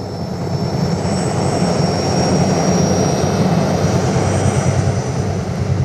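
A steady, loud aircraft engine roar with a dense low rumble and a thin high whine running through it, continuous and unchanging, fitting a helicopter engine and rotor.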